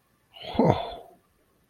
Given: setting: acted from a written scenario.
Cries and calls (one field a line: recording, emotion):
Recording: vocal sound without words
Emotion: realization